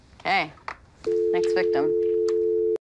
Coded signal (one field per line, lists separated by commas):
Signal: telephone call progress tone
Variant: North America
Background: speech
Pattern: dial tone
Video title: NASCAR PHONE A FAN MASHUP